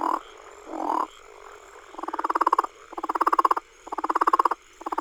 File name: Southern leopard frog